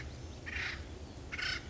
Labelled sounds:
Acorn Woodpecker (Melanerpes formicivorus)
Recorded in Sonoma County, California

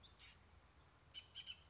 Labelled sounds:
Bullock's Oriole (Icterus bullockii)
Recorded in Sonoma County, California

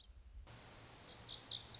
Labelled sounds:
Lazuli Bunting (Passerina amoena)
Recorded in Sonoma County, California

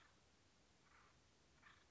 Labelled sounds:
Acorn Woodpecker (Melanerpes formicivorus)
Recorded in Sonoma County, California

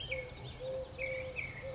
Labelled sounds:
Eurasian Collared Dove (Streptopelia decaocto)
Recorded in Sonoma County, California

